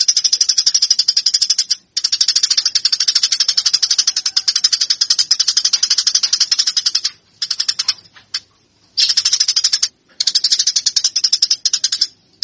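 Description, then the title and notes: Eurasian tree sparrow giving fighting calls, a near-continuous stream of fast, scratchy high chirps with a few brief pauses, mostly toward the end. Fighting calls, used for bird training. "MASTER GEREJA TARUNG. burung gereja"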